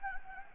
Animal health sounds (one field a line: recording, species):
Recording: mosquito wingbeat signal from an infrared sensor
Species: Anopheles gambiae